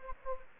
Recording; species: mosquito wingbeat signal from an infrared sensor; Anopheles gambiae